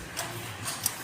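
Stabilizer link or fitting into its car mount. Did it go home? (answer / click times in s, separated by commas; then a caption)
yes / 0.9 s. During a repair on a Geely Okavango 1.5L, a stabilizer link or fitting is pushed into its car mount, giving a single sharp tick at 0.9 s over faint low background noise. The part locks into place and will not come off, so hand-tightening is enough for now.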